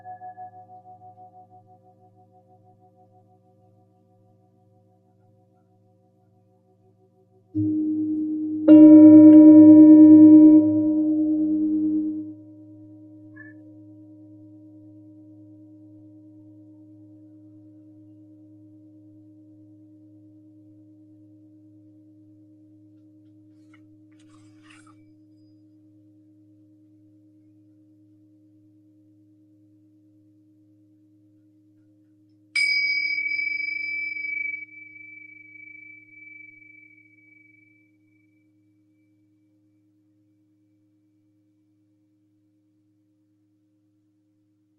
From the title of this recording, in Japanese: シンギングボウルでほっこりサウンドヒーリング